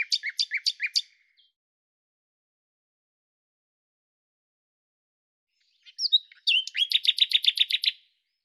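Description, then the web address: Common nightingale song: a rapid burst of repeated notes, then after a long silence a few whistled notes leading into a fast, rhythmic series of repeated notes. "Deverinetal 2025"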